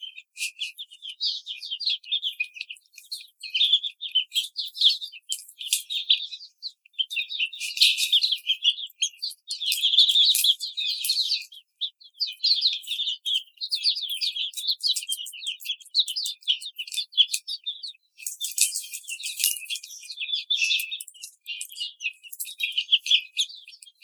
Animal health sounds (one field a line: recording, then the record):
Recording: young laying hens in a cage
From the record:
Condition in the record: treatment cage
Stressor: simulated dog barking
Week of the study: 5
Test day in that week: 1